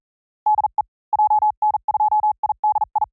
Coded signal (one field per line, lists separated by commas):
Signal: Morse code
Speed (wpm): 42 wpm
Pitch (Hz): 850 Hz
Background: none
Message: DE JN2IDI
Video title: Morse CW Training JP Random Callsign Speed from 35 to 45 WPM 300 Calls Sampling Rate 44100